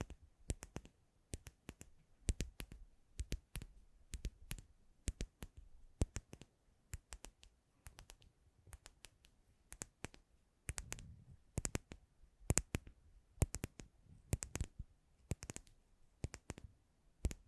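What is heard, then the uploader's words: Addictive tapping in quick, irregular bursts: sharp clicks and taps arrive in clusters of two to four, several per second, with brief quiet gaps between groups. Each hit is crisp and bright with a soft low thump underneath, continuing evenly throughout. ASMR Addictive Tapping.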